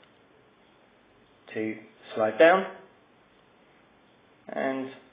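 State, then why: Not seated. Someone talks in short bursts while handling the small plastic dust cover over the micro USB port of a Samsung S8500 Wave smartphone, a cover that slides down with a nail and is meant to keep pocket dust out. Between the words there are only faint, quiet stretches. The cover has not clicked shut yet; nothing has seated by the end of the clip.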